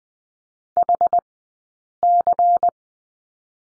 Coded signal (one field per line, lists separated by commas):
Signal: Morse code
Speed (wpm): 20 wpm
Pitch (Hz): 700 Hz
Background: none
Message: HC